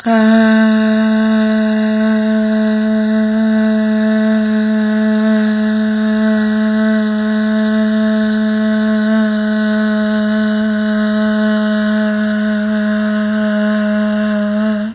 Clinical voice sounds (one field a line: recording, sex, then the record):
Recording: sustained vowel /a/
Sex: female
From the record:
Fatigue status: no fatigue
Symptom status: asymptomatic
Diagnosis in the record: COVID-19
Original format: 3gp